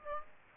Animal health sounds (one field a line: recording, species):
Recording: mosquito wingbeat signal from an infrared sensor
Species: Aedes aegypti